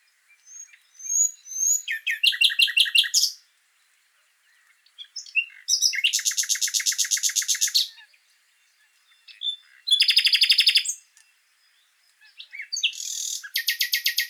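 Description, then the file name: Common nightingale song: four separate phrases, each a rapid run of repeated hard notes forming a rattling trill, with short pauses and soft twitters between them. "Luscinia megarhynchos"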